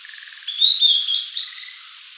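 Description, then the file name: Blue-and-white flycatcher song, a single bright whistled phrase that climbs in steps and ends with a higher flourish, over a soft pulsing trill. "Cyanoptila cyanomelana"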